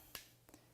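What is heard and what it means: A remote interlock plug is pushed into its slot on a laser power pack, just beneath the key slot. A sharp, bright click at 0.1 s seats the plug in place, followed by two faint ticks around 0.5 s.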